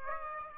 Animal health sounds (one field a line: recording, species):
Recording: mosquito wingbeat signal from an infrared sensor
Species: Aedes aegypti